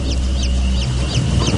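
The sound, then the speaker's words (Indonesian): Baby chicks peep, heard from far away, in a steady series of high, thin chirps that slide downward, repeating about three times a second over a constant low background rumble. “Yaitu suara suara anak ayam.”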